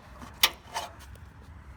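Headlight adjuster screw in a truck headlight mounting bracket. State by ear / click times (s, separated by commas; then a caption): seated / 0.4 s. A headlight adjuster screw assembly, fed through the hole from the engine compartment, is pulled until it snaps into place in a truck's headlight mounting bracket. A faint tick at 0.2 s comes before a sharp, bright snap at 0.4 s, which is followed by a softer rustle around 0.8 s. The adjuster is seated.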